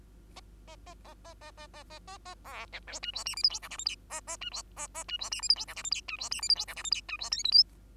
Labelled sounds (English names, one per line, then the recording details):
Bengalese Finch song
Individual Bird2